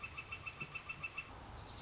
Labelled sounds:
Northern Flicker
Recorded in Sonoma County, California

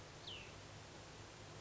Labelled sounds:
Cassin's Vireo
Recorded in Sonoma County, California

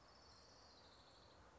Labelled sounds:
Orange-crowned Warbler
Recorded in Sonoma County, California

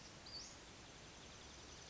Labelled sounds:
Western Flycatcher
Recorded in Sonoma County, California

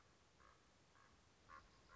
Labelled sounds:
Common Raven
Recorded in Sonoma County, California

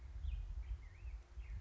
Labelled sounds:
Black-headed Grosbeak
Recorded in Sonoma County, California

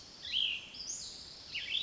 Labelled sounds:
Cassin's Vireo
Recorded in Sonoma County, California

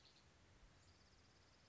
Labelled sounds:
Spotted Towhee
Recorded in Sonoma County, California

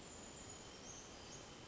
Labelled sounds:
Brown Creeper
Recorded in Sonoma County, California

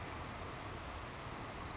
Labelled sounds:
Savannah Sparrow
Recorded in Sonoma County, California

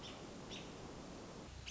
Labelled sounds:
American Robin
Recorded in Sonoma County, California

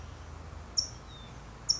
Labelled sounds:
California Towhee
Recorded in Sonoma County, California

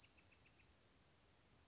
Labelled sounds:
Bewick's Wren
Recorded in Sonoma County, California

